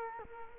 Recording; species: mosquito wingbeat signal from an infrared sensor; Culex quinquefasciatus